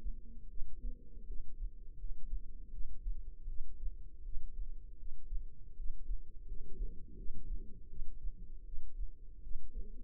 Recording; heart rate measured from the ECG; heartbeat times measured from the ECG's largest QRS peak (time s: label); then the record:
heart sounds by microphone in the left ear; 81 bpm
0.49 s: heartbeat
1.27 s: heartbeat
1.98 s: heartbeat
2.72 s: heartbeat
3.48 s: heartbeat
4.24 s: heartbeat
4.98 s: heartbeat
5.77 s: heartbeat
6.47 s: heartbeat
7.17 s: heartbeat
7.89 s: heartbeat
8.65 s: heartbeat
9.42 s: heartbeat
From the record:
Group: healthy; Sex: female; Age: 22 years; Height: 161 cm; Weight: 65.5 kg